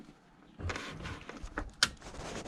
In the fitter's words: There's the click we were waiting for.